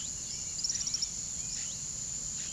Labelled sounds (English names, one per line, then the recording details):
Bright-rumped Attila
Blue-headed Parrot
Tropical Kingbird
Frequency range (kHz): Tropical Kingbird 4.1-12.1 kHz
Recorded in pastures near Puerto Asís, Putumayo, Colombia, on 20 February 2024 at 07:00
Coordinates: 0.486, -76.323
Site G6462